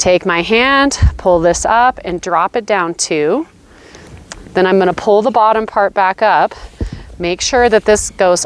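Someone talks while handling a stirrup leather, pulling it up, dropping it down and pulling the bottom part back up, with a few brief sharp sounds around 4.0–4.3 s during a pause in the talking. The top of the stirrup leather, with its metal buckle, is being worked toward the saddle's stirrup bar, but the buckle has not yet clicked home into the stirrup bar.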